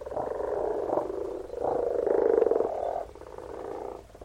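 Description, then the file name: Frogs croaking in two loud rattling phrases separated by a short gap, followed by a softer, fading trill. "Frogs - Frog voises Sounds captured"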